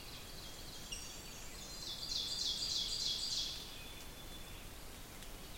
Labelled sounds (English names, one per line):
Ovenbird song